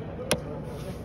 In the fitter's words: snap down into place